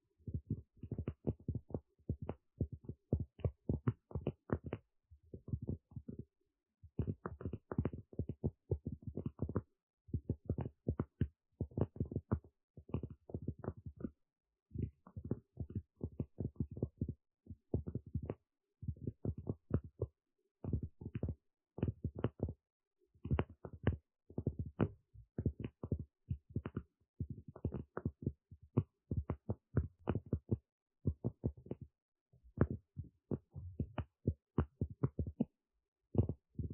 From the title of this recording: Tapping